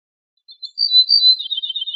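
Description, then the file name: Ortolan bunting song: a couple of soft high notes, then a long sustained whistle that slides into a quick run of slightly lower, repeated notes; no other sounds. "suara kicauan ortolan"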